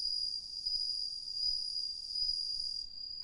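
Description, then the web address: Cricket song, a pure, steady high-pitched trill held unbroken for about three seconds before it fades out. "Hoerbeispiele Grillen"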